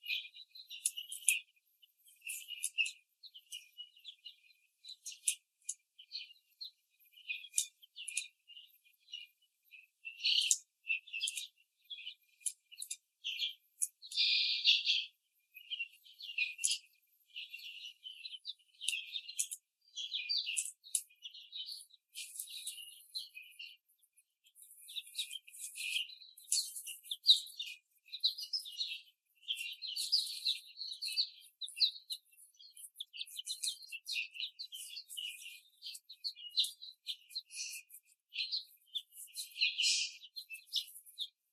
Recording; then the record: young laying hens in a cage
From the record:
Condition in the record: after the stressor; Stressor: simulated dog barking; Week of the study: 3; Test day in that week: 1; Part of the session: 1